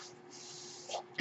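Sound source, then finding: Home mechanical ventilator. Mechanical ventilator sound.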